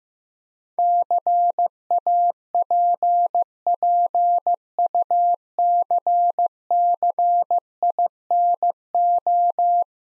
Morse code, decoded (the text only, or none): CAPPUCCINO